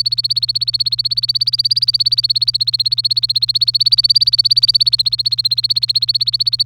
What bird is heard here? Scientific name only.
Serinus canaria